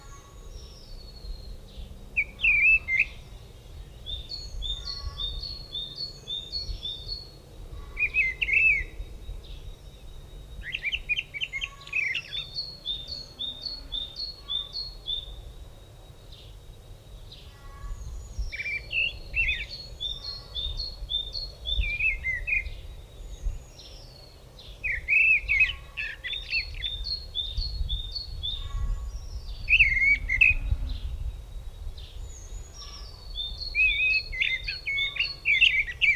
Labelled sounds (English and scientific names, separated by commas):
Mistle Thrush (Turdus viscivorus) song